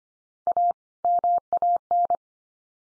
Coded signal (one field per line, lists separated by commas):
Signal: Morse code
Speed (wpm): 25 wpm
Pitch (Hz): 700 Hz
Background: none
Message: A MAN